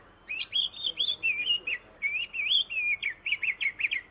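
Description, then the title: Oriental magpie-robin song of fluid warbled whistles, rising and falling, ending in a rapid string of clipped notes. Master recording used for training kept songbirds. "KACER"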